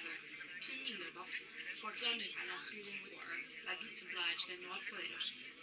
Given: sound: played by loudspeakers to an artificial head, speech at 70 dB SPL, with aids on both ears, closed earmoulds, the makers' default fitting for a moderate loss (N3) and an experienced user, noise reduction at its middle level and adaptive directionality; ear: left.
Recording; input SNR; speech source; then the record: speech test signal (ISTS) in cocktail-party noise; +3 dB; on the right (90 degrees)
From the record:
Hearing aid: class 2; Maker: H